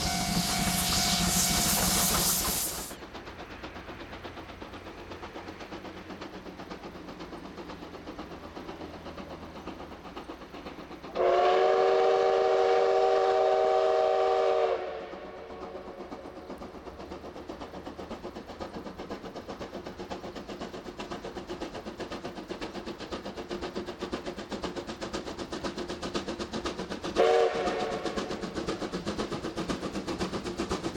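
A steam locomotive hauling a train opens with a loud burst of hissing steam for about three seconds, then settles into a steady low rumble. A long, bright whistle sounds around the middle, a short toot follows near the end, and the rumble grows slightly.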